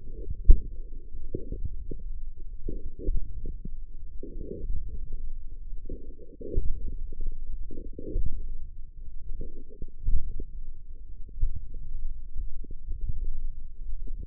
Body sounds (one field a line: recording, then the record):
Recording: forearm muscle sounds (acoustic myography)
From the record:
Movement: forearm supination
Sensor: system 1, eight BSWA MPA416 microphones around the upper forearm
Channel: 6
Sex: female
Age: 22 years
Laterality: right